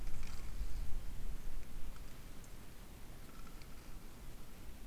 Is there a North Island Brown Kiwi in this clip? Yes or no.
no